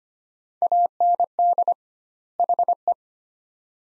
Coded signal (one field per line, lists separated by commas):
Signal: Morse code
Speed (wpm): 25 wpm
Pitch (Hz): 700 Hz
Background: none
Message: AND HE